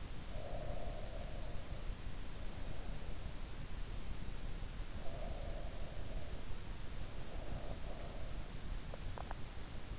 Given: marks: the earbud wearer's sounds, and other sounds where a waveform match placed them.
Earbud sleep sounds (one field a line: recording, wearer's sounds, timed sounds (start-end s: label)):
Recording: sounds in sleep by an in-ear microphone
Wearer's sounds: breath, teeth grinding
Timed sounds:
0.00-1.71 s: breath
4.97-8.29 s: breath
9.09-9.60 s: teeth grinding